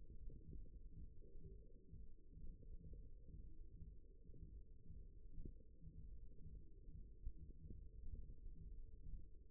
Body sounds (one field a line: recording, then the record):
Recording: forearm muscle sounds (acoustic myography)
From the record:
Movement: thumb flexion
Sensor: system 1, eight BSWA MPA416 microphones around the upper forearm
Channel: 3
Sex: male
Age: 54 years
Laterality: right